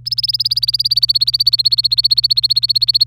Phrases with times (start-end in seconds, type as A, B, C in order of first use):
0.06-3.06 A